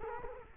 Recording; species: mosquito wingbeat signal from an infrared sensor; Culex quinquefasciatus